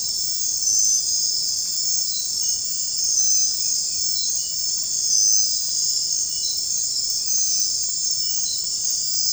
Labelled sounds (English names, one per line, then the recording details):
none
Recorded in secondary vegetation near Puerto Asís, Putumayo, Colombia, on 4 March 2025 at 04:00
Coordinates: 0.484, -76.319
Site G010